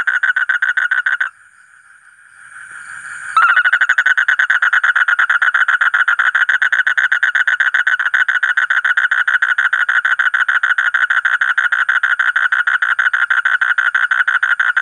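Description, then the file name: Asian common toad calling in rapid, buzzy pulses, a brief pause with a faint steady tone, then a long fast run of harsh pulses resumes. "suara kodok bangkong kolong kodok buduk"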